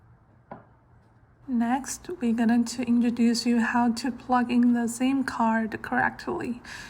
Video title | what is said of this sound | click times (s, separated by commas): Binize: How to plug in the mini T-BOX correctly ? | into the box there is a click sound when the card is inserted correctly | 0.5 s